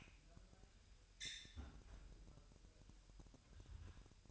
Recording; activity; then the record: daily activity, microphone in the room; close fridge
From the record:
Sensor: 2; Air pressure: 1001.8 hPa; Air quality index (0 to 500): 249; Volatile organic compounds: 38 ppm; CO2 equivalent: 3123 ppm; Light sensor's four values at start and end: 8/28/11/10 and 8/28/11/10